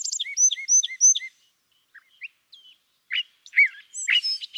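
California thrasher song: several paired whistled notes in quick succession, a pause with soft scattered notes, then harsher, noisier phrases at the end.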